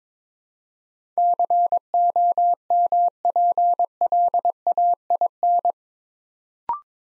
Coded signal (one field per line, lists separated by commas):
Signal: Morse code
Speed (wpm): 22 wpm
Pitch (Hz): 700 Hz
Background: none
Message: COMPLAIN